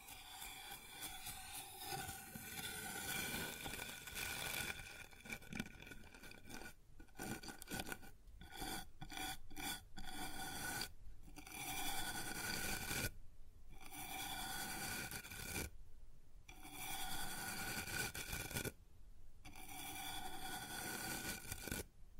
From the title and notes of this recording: ASMR Sounds on Wooden Surface (No Talking).